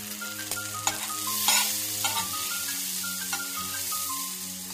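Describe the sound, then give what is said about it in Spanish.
Steaks frying in a pan: a steady, bright sizzling hiss with scattered pops and crackles, running over a low, sustained tonal drone, with no voices. “Sagawa cortaba el cadáver y guardaba partes en el refrigerador mientras cocinaba filetes de carne.”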